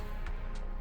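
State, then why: Not seated. A hook-arm attachment is slid onto the wrist peg at the arm of a Hot Toys T-1000 2.0 1/6 scale figure, up over the sleeve, and it does not lock in. Over steady background music, there are two brief, faint scraping ticks at about 0.3 s and 0.6 s. Nothing has seated or clicked yet.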